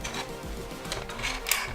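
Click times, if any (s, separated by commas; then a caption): none. A camera base plate is handled at the quick-release mount of a DJI Ronin-S gimbal, with its small lock lever about to be pushed forward to lock the plate. Short handling taps and scrapes are heard around 0.1, 0.9 and 1.5 seconds over a steady low background. Nothing has seated or clicked yet.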